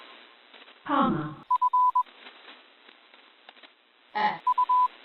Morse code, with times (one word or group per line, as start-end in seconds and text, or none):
1.5-2.0 F
4.5-4.9 U